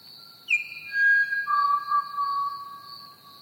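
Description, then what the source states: Pied Butcherbird song: clear flute-like whistles stepping down from high to lower held notes, each sustained and overlapping, with a constant shrill cricket chorus behind. Recorded alongside chirping crickets.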